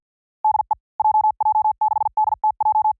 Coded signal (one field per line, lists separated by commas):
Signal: Morse code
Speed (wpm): 50 wpm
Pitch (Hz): 860 Hz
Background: none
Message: DE JJ6DTJ